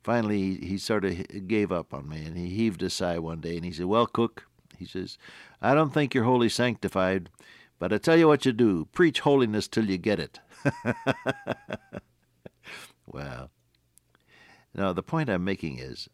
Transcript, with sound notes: Finally, he sort of gave up on me, and he heaved a sigh one day, and he said, “Well, Cook,” he says, “I don’t think you’re wholly sanctified, but I’ll tell you what you do. Preach holiness, ’til you get it.” [laughter] Well, now, the point I’m making is,